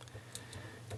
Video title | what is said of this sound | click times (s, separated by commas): Lego Hellboy | really well as you can see there it just pops right into his palm and | 0.4 s